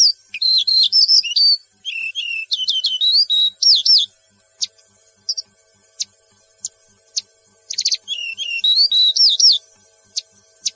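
Yellow-breasted bunting song: a rapid string of slurred whistled notes, then sparse sharp ticks, and the varied phrase returning near the end.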